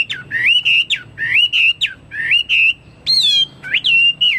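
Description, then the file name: Chinese hwamei song: loud fluty whistles sliding up and down, phrases repeated about once a second with short pauses between. "omkicau hwamei"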